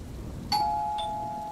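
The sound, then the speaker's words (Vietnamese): An apartment doorbell chimes two clear, ringing electronic tones about half a second apart, the bright notes sustaining and slowly fading over a faint low background hum. “Tiếng chuông cửa vang lên, người đàn ông sực tỉnh, đôi mắt chỉ còn đầy sự lạnh lẽo.”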